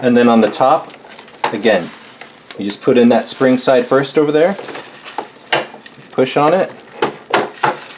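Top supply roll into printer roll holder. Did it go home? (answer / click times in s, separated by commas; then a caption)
yes / 7.3 s, 7.6 s. Someone talks while loading the top supply roll into the printer's roll holder, putting the spring side in first and then pushing on the other end. Several sharp plastic clicks sound during the push, and the roll clicks into place at 7.3 and 7.6 seconds.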